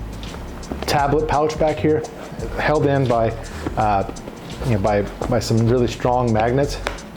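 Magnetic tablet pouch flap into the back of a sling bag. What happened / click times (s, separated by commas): The pouch is handled but has not snapped home yet / none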